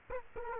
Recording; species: mosquito wingbeat signal from an infrared sensor; Culex quinquefasciatus